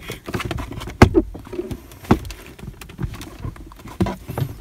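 A second plastic glove box clip on a Nissan X-Trail T32 is pressed into the dashboard the same way as the first. It snaps in and seats with a sharp click at 1.0 s, among soft handling rustles and a few lighter knocks.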